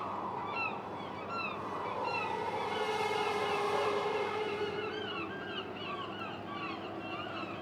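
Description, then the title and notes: Gulls calling: many short, arched squealing cries repeated throughout, over a steady roar of wind, with a drawn-out metallic droning tone in the middle. Gulls with wind, a metal structure and rattling pleasure boats at Quai Thurot, Boulogne-sur-Mer, France. "9 Quai Thurot, 62200 Boulogne-sur-Mer, France - Mouettes, vent et structure métallique. Mouettes, vent et structure métallique, cliquetis des bateaux de plaisance. Prise de sons : JF CAVRO"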